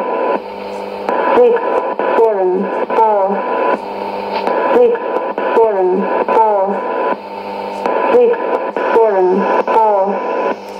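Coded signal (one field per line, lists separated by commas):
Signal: numbers station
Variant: E17z English Lady, English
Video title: 09 02 2017 Numbers station E17z English Lady in English to Eu 0810 on 9820 in CUSB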